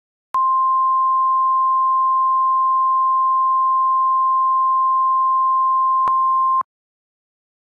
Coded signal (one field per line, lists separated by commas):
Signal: Emergency Alert System (SAME) tones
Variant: 1050 Hz attention tone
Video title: The Great Rebellion: An EAS Scenario